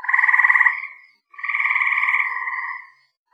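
Tree frog calling, two long rapid pulsed trills, each a buzzy rattle of quick beats, separated by a short silence.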